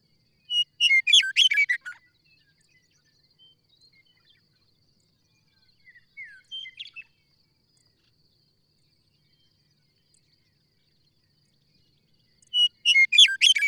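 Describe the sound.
Bird song in bursts: a loud fast twittering phrase, a long quiet gap with a few soft slurs, then the loud twittering phrase again.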